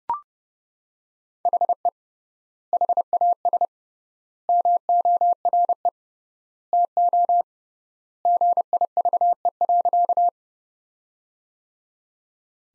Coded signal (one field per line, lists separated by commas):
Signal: Morse code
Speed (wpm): 30 wpm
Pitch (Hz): 700 Hz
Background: none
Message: HE HAS MORE TO GIVE.